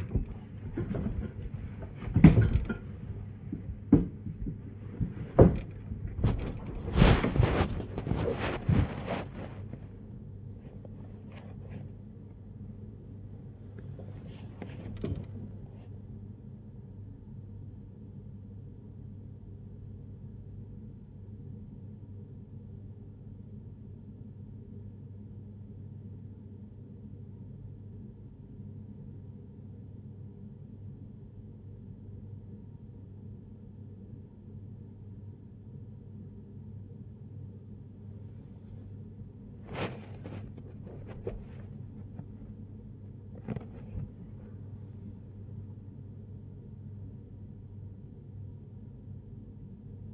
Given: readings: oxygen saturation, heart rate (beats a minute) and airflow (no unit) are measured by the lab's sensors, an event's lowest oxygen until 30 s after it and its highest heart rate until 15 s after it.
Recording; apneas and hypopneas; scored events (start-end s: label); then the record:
a person awake in a sleep study, by a smartphone at the bedside; none
3.00-50.13 s: awake
From the record:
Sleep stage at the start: awake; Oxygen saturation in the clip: 95 to 97%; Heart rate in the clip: 68 to 94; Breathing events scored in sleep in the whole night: 35 in 6.9 hours asleep